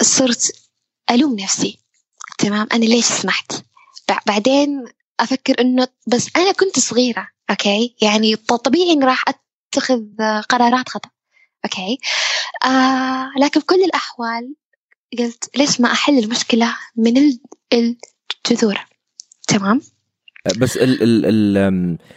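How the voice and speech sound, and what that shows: An adult woman who has stuttered since about age five, and who has now reached good control of it, speaks Arabic in a conversational flow broken by frequent pauses. She repeats a syllable at one word onset and stretches some vowels. Near the end she repeats the article "il" several times. These are mild stuttering disfluencies in a largely controlled stutter.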